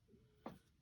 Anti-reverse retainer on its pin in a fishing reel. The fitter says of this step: and it's locked into place and that should keep that anti-reverse on the PIN